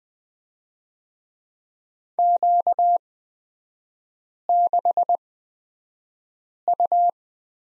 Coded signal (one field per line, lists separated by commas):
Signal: Morse code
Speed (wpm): 20 wpm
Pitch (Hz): 700 Hz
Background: none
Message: Q6U